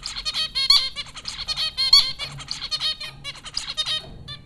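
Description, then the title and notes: Zebra finches in a steady, crowded stream of nasal, toy-trumpet beeps, with calls overlapping. Zebra finches recorded by Dan Bodah at Popcorn School, Flatbush, Brooklyn, New York, in April 2009. "Dronecast: The Popcorn Finches Four from Apr 15, 2009. Zebra finches recorded by Dan Bodah at Popcorn School, Flatbush, Brooklyn NY in April 2009"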